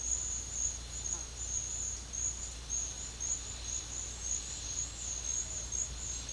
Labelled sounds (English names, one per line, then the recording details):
none
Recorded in pastures near Puerto Asís, Putumayo, Colombia, on 8 March 2025 at 13:30
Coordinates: 0.502, -76.324
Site GP07